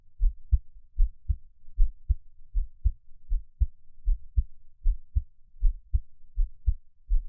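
Soft, low lub-dub thumps repeat in a steady rhythm at about 78 beats a minute, with no extra sounds between beats. It is a gentle, calm, normal adult heartbeat, the creator's own, heard up close.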